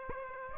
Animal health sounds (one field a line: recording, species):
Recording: mosquito wingbeat signal from an infrared sensor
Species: Aedes aegypti